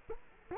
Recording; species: mosquito wingbeat signal from an infrared sensor; Culex quinquefasciatus